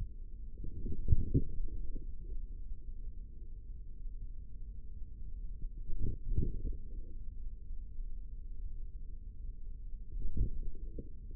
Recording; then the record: forearm muscle sounds (acoustic myography)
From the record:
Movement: forearm pronation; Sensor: system 3, bracelet of six PUI Audio POM-2738L microphones around the upper forearm, with dedicated amplification and filtering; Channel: 5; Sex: male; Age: 55 years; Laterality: right